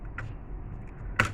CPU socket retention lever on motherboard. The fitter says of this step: इसको इस तरह से लॉक कर देना है। लॉक करने के बाद लॉक हो जाएगा।